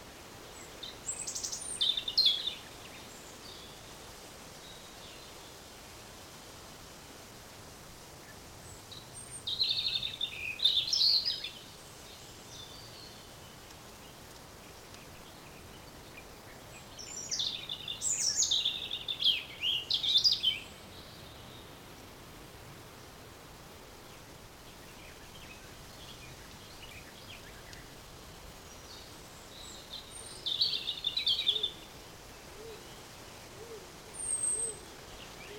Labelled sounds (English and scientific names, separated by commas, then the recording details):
European Robin (Erithacus rubecula)
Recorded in the wild
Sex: male
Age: adult
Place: Mühlenbeck, Brandenburg, DE
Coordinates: 52.667, 13.37
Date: 1992-05-23 13:04
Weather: 23-24°C, böiger Wind
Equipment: Nagra SN, Mikrofon AKG CK 8, Kopie Tesla B 116
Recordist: Tembrock, Günter